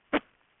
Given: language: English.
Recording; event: throat vibration sensor signal played as sound; cough